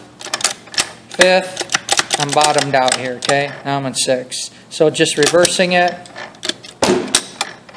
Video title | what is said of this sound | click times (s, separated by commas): 2 Stroke Engine Disassembly Shift Lever & Gear Change Mechanism 10 27 14 | do you hear it snapping into place | 6.8 s, 7.2 s